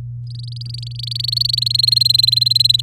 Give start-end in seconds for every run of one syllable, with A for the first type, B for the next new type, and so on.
0.27-1.59 A, 1.61-2.81 B